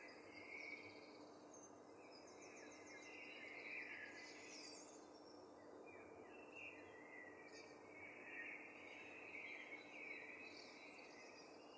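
A dawn chorus of many birds chirps and trills continuously, bright overlapping calls over a steady hum of insects and background noise.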